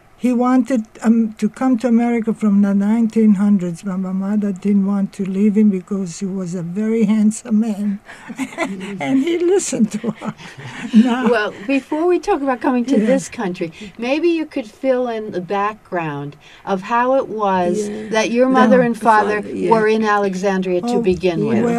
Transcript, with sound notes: He wanted to come to America from the 1900's but my mother didn't want to leave him because he was a very handsome man, and he listened to her. (laughing)
Before we talk about coming to this country, maybe you could fill in the background of how it was that your mother and father were in Alexandria to begin with.